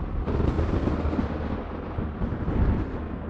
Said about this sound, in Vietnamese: Phía trên đầu bọn họ, mây đen bắt đầu kéo vần vũ, từng tia sét xanh lè xé ngang trời. Theo sau đó là những tiếng nổ đi đùng.